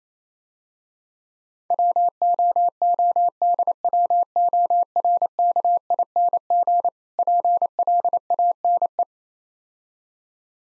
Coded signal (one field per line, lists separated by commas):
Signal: Morse code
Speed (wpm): 28 wpm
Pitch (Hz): 700 Hz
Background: none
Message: WOODWORKING PLANE